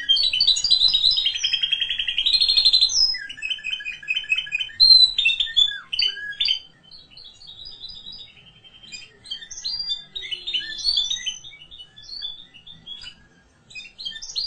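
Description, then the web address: Canary singing a loud, rolling series of rapid trills and sweeping whistled notes for about six seconds, then continuing more softly with scattered chirps and short twittering phrases. "honarfardi new 1 Canary Sound 4"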